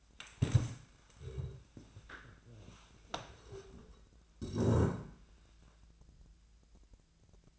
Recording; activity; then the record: daily activity, microphone in the room; stand up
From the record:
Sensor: 2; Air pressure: 1000.3 hPa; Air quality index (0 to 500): 160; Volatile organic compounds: 3 ppm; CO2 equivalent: 1338 ppm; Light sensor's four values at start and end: 9/22/9/10 and 9/19/9/9